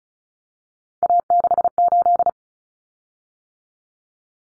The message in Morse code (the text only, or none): A68